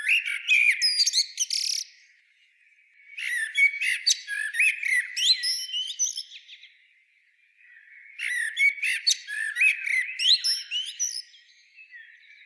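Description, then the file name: Common blackbird song: three bursts of jumbled warbling and sharp high twitters, with quiet gaps between them. "Turdus merula"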